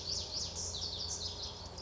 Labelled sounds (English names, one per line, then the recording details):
Pacific Wren
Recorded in Sonoma County, California